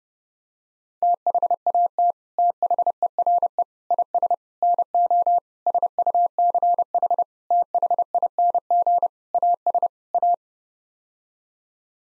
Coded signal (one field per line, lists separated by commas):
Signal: Morse code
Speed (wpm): 30 wpm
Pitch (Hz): 700 Hz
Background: none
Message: THAT THERE IS NO SUCH THING AS A